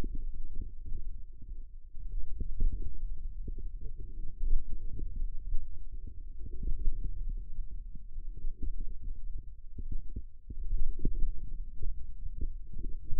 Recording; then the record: forearm muscle sounds (acoustic myography)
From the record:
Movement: hand opening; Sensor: system 2, bracelet of six BSWA MPA416 microphones around the upper forearm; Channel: 5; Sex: male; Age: 22 years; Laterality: right